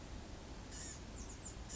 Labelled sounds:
Blue-gray Gnatcatcher
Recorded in Sonoma County, California

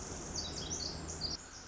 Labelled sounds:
Pacific Wren
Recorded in Sonoma County, California

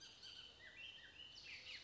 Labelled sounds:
Bullock's Oriole
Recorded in Sonoma County, California

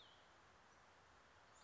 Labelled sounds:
Cassin's Vireo
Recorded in Sonoma County, California

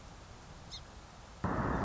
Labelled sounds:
Song Sparrow
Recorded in Sonoma County, California

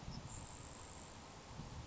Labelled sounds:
Grasshopper Sparrow
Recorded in Sonoma County, California

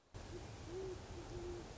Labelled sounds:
Great Horned Owl
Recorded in Sonoma County, California

